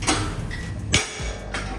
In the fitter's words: this wrench here and just tighten it up until I hear the safety click into place down below.